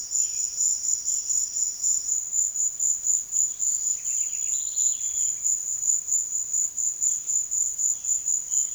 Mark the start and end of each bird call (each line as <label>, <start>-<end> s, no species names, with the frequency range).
bird call (1.2-4.7 kHz), 3.87-5.54 s